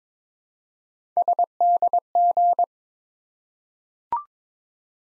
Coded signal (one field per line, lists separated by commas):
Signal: Morse code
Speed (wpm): 22 wpm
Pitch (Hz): 700 Hz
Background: none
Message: SDG